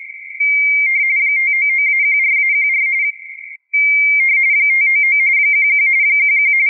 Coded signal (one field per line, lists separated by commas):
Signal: RTTY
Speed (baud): 45.45 baud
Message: 599-14-14 599 11 11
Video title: CQWW RTTY 2023